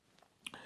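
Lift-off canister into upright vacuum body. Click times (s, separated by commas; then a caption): 0.5 s. The detachable lift-off canister unit of a Vax Air Lift Steerable Advance upright vacuum cleaner is pushed back into the main body. A sharp click at 0.5 s, followed by a brief rattle, shows the canister seating back in place.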